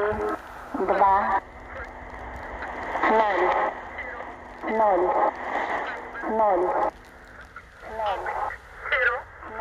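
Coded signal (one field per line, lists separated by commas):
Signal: numbers station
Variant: S06s and E11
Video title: SW DX - 2 Numbers Stations received simultaneously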